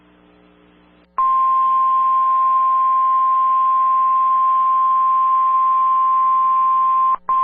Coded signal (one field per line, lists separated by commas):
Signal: Emergency Alert System (SAME) tones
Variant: 1050 Hz attention tone